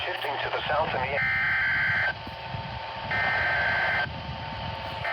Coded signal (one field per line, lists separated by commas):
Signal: Emergency Alert System (SAME) tones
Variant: header bursts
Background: speech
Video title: (EAS #13) Required Weekly Test 7/9/25